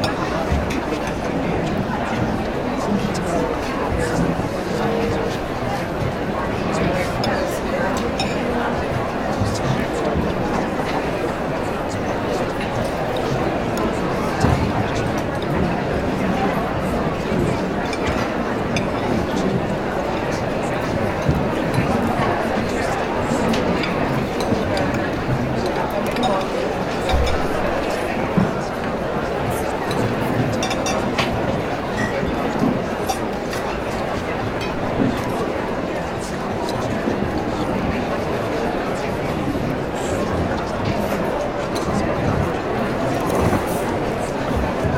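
Busy café or restaurant ambience with a dense, constant murmur of many overlapping voices, none standing out clearly. The level stays steady throughout, with faint clinks and brief small clatters scattered across the background.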